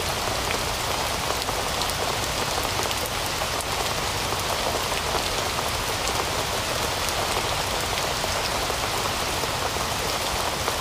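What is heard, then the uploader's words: Steady, dense forest rain patters evenly on leaves and ground, a constant bright hiss with tiny close drop ticks throughout, never easing. Forest rain sounds.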